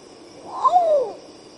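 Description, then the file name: Long-tailed potoo phrase: a short high note followed by a smooth, downward-gliding whistle, with faint insect hum underneath. "canto do urutau pardo"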